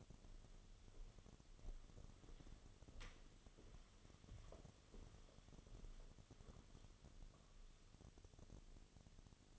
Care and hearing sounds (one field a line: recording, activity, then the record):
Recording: daily activity, microphone in the room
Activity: walk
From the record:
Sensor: 4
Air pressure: 1016.2 hPa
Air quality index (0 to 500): 163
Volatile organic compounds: 6 ppm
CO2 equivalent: 1856 ppm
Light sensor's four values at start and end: 9/20/8/7 and 9/20/8/7